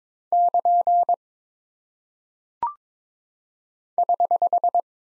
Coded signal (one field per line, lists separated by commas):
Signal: Morse code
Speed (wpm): 22 wpm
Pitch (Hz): 700 Hz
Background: none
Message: <KN> <HH>